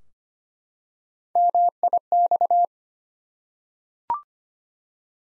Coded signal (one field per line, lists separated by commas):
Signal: Morse code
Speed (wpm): 25 wpm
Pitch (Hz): 700 Hz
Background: none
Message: MIX